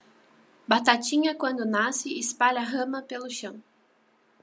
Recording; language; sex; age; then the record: short text; Brazilian Portuguese; female; 20 to 29 years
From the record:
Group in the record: control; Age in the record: 27 years